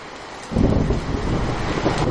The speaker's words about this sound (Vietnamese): Đột nhiên, trời bắt đầu mưa, nhanh chóng biến thành mưa to như trút nước.